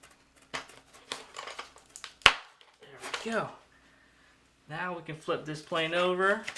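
The second main landing gear leg of an XflyModel F-18 Hornet foam RC jet with twin 40mm EDFs is slid into its gear mount, with soft plastic handling taps before a sharp click at 2.3 s as the leg locks into place. Someone talks afterward, and the gear is seated.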